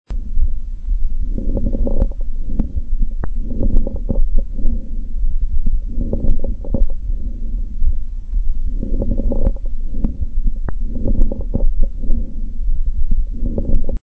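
Repeated muffled breath cycles in adult lungs heard through a stethoscope, with brief, scattered popping clicks mixed into the breath sounds over a low rumbling background. These are crackles of pneumonia, produced when fluid-filled small airways snap open during breathing.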